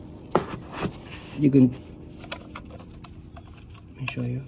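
The locking clip on the ignition coil's electrical connector, on the coil pack of a 2008–2012 eighth-generation Honda Accord V6, is pressed down to unlatch it for removal while someone talks. A sharp click at about 0.4 s marks the release, followed by a few fainter ticks around 2.3–3.0 s. The connector clip is released.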